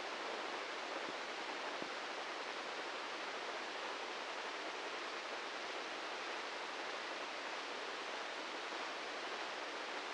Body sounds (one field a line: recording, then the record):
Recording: brain microelectrode recording played as sound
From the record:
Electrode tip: inside the subthalamic nucleus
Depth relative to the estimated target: 0 mm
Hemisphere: left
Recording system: NeuroSet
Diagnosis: Parkinson's disease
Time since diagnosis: 15 years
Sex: male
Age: 65 years